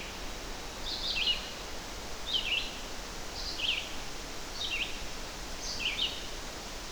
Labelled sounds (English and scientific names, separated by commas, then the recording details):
Red-eyed Vireo (Vireo olivaceus) song
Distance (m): 15 m
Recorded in boreal forest in Alberta, Canada, on 12 June 2016 at 06:38
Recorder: SongMeter 3, array SBT-3-18
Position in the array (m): 237 m, 101 m